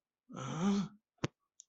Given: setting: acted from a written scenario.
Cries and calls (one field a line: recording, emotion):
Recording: vocal sound without words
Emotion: disgust